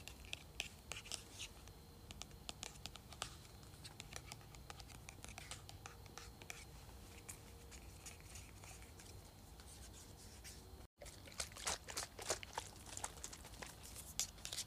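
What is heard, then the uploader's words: A perfume bottle is scratched and tapped, giving dense, crisp clicks and scrapes that come in quick irregular bursts over a steady low rumble. Around eleven seconds there is a brief silent gap, after which the bright tapping resumes more densely. ASMR Tapping, Scratching, and Shaking Perfume Bottle.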